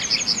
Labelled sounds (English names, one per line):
Yellowhammer song